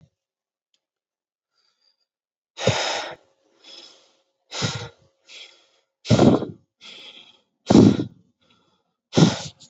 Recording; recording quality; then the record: shallow breathing; excellent, no background noise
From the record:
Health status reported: COVID-19 positive, mild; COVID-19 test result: positive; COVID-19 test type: RT-PCR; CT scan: not taken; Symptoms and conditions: cough, cold, sore throat, fatigue, muscle pain, diarrhoea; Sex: male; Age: 25 years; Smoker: no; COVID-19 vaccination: both doses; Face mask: not worn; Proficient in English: yes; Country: India